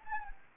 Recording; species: mosquito wingbeat signal from an infrared sensor; Anopheles gambiae